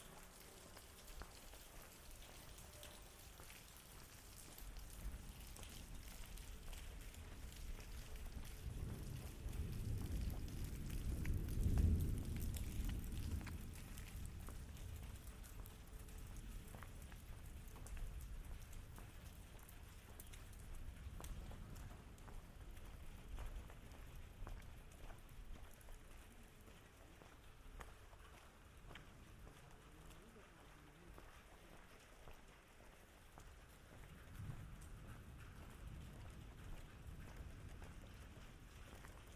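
Steady rain hisses throughout over running water, with a deep rumble of thunder swelling around ten to thirteen seconds and a softer one near thirty-five.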